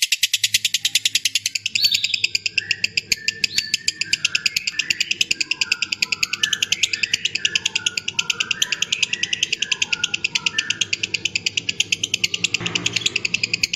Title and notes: suara Master Kicau Lovebird ngekek, kicau pancingan